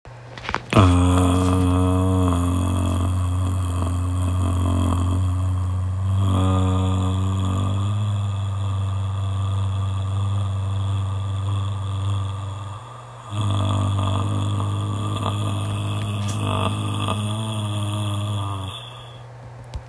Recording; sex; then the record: sustained vowel /a/; male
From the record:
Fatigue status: fatigue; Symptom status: symptomatic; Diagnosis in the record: COVID-19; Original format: m4a